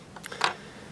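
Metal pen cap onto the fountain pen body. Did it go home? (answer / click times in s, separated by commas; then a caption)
yes / 0.4 s. The metal cap of a 1968 Camali (Camel) "Rosewood" fountain pen is pushed onto the pen body. A few faint taps are followed by a sharp click at 0.4 s as the cap seats into place. It should not be forced past the click, because the plastic inner cap could crack.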